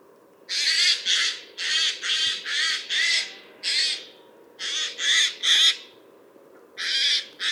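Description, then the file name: Eurasian jay giving a rapid series of rough, hoarse screeches, roughly a dozen in quick succession with short breaks, over a constant low hum. "Garrulus glandarius"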